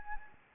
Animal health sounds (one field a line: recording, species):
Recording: mosquito wingbeat signal from an infrared sensor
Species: Anopheles arabiensis